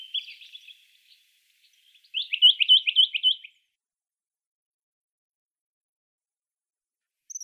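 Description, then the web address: Western rock nuthatch song: a short, fast rolling trill of bright notes lasting about a second, after faint softer notes, then silence until a brief note at the very end. "Schulze Peter Rock Nuthatch song"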